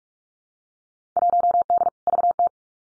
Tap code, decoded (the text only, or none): none